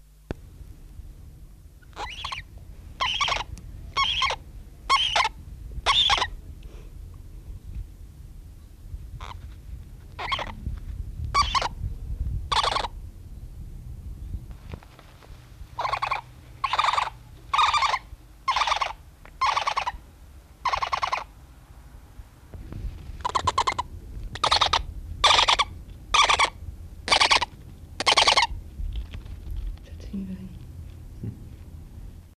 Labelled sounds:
Spectacled Owl (Pulsatrix perspicillata) call
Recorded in captivity
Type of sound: call
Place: Zoo Hannover, Niedersachsen, DE
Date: 1974-03-05
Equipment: Halbspur, 9,5 cm/s
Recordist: Lütgens, Hans
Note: Jungvogel, gestern die Augen geöffnet

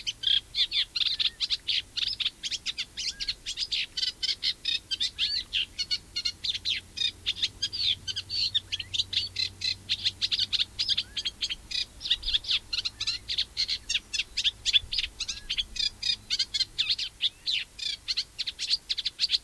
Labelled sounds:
Eurasian Reed Warbler (Acrocephalus scirpaceus) song
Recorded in the wild
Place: Baiersdorf, Bayern, DE
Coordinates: 49.6589, 11.0172
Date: 1967
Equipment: Original, Vollspur
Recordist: Tretzel, Erwin
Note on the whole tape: Kanalbrücke vor Baiersdorf. Aufnahmedatum ungenau: Aufnahmen Anfang Juli 1967. Gesang

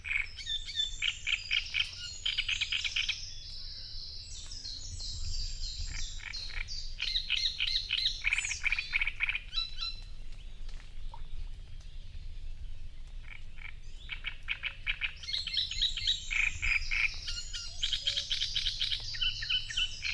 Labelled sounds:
Great Reed Warbler (Acrocephalus arundinaceus) song
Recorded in the wild
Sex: male
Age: adult
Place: Parsteinwerder, Parsteiner See, Brandenburg, DE
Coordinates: 52.9547, 13.975
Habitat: reed
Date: 2007-06-06 05:04
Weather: overcast, ca. 15°C, no wind
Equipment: Sound Devices 702, Sennheiser MKH 416 T, Windkorb
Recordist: Frommolt, Karl-Heinz

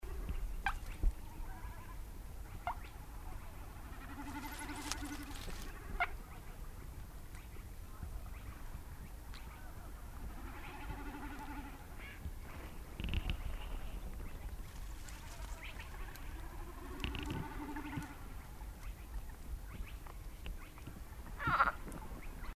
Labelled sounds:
Edible Frog (Pelophylax esculentus) call
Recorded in the wild
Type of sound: call
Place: Schwedt/Oder, Nationalpark Unteres Odertal, Brandenburg, DE
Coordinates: 53.132, 14.3534
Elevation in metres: 1
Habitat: wetland
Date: 2015-04-23 21:18
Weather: clear, 11°C, almost windless
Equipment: Sound Devices 702, Sennheiser MKH 70, Rycote Windschutz
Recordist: Frommolt, Karl-Heinz
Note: Polder 10, Fläche vor Pumpstation: erste Rufe eines Grünfrosches

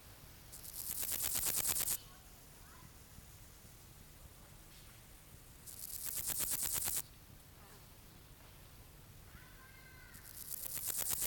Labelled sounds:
Meadow Grasshopper (Chorthippus parallelus) stridulation
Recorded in the wild
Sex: male
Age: imago
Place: Treuchtlingen, Heumöderntal, Bayern, DE
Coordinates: 48.96, 10.91
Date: 1993-09-21 15:51
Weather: 22,8°C, sonnig
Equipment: Marantz CP 430, Sennheiser MKH 416 T, Kopie Uher Variocord 263
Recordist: Tembrock, Günter

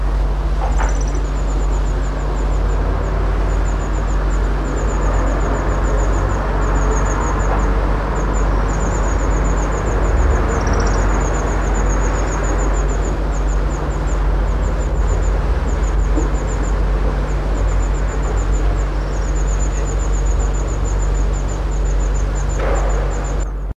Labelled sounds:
European Serin (Serinus serinus) call
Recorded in the wild
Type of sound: call
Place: Hannover, Niedersachsen, DE
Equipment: Halbspur, 9,5 cm/s
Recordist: Lütgens, Hans
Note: Nestjunge gefüttert, beim Haus

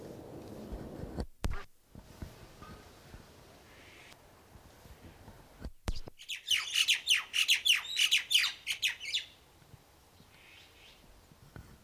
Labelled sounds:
Crested Myna (Acridotheres cristatellus) song
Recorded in captivity
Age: adult
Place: Zoo Berlin, Berlin, DE
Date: 1997-10-25
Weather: cloudy, 3°C
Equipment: Nagra SN, Kopie Uher 4000 Report Monitor
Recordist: Tembrock, Günter

